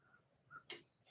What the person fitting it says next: There you go. Did you hear the click?